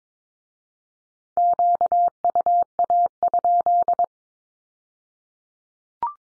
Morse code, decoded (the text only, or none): QUA?